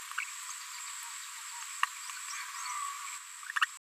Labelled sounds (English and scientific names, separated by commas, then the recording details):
Green-rumped Parrotlet (Forpus passerinus) babbling
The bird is a female
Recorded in a nest box in Venezuela
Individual 17B73B2